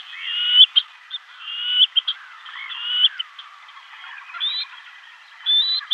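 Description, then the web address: Black-necked grebe calls: high, thin whistled notes, some rising sharply, given in loose short series with brief pauses and fainter chattering between. "Schulze Peter Black-necked Grebe"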